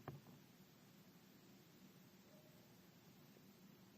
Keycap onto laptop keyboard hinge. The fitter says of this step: Apply the key right over the hinge. Snap into place.